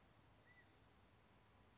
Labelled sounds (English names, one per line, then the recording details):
California Quail
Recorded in Sonoma County, California